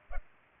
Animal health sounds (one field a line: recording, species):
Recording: mosquito wingbeat signal from an infrared sensor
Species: Culex pipiens